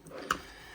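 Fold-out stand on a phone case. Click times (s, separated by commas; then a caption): 0.3 s. The fold-out stand on a plastic FNTCASE phone case for the Google Pixel 10a is turned to a new orientation and pressed until it locks. A single sharp, short click at 0.3 s stands out against low background noise. The stand locks into place.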